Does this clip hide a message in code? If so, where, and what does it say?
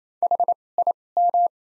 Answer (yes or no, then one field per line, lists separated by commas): yes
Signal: Morse code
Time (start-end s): 0.2-1.5 s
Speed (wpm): 28 wpm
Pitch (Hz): 700 Hz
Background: none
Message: HIM